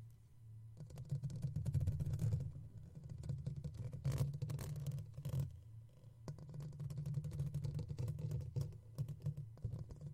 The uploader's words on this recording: Comb and Mic Scratching Sounds ASMR.